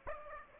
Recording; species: mosquito wingbeat signal from an infrared sensor; Aedes aegypti